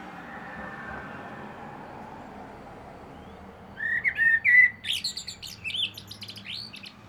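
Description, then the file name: Common blackbird song: after a few seconds of quiet background hiss, a mellow whistled phrase starts and breaks into rapid high-pitched squeaky twittering. "Turdus merula"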